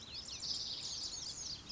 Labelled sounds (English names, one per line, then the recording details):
Lazuli Bunting
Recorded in Sonoma County, California